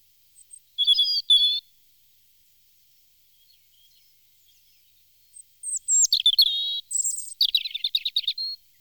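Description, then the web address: European robin song: two brief high notes early, then after a pause a longer rich phrase of sliding whistles and rapid twittering trills, no other sounds. "chants d'oiseaux Jean C Roche - Rouge-gorge"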